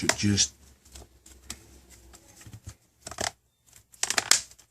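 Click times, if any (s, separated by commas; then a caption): 4.0 s, 4.3 s. The plastic back cover of a 7-inch Verizon Samsung Galaxy Tab SCH-I800 is pressed onto the frame during reassembly after a screen replacement while someone talks. Sharp plastic snaps are heard at 4.0 and 4.3 seconds as the cover clips click into the frame and seat.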